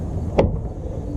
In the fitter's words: hopefully you heard that click though